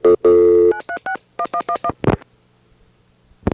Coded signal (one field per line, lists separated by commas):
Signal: DTMF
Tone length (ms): 80 ms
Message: 9361111